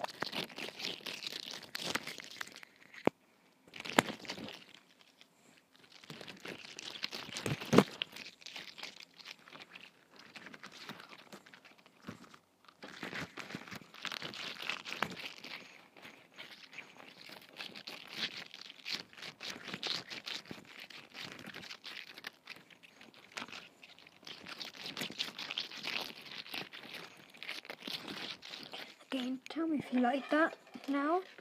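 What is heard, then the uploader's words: Long nails scratch and tap against a microphone, mixed with sticky, crackling squelches of slime and putty being pressed and pulled. The dense, bright crinkling runs almost without pause, broken by a couple of brief silences, with wetter, gloopier squishes near the end. Mic noises with long nails, Mike dipped in squelchy tore out slime and blu tack and other noise.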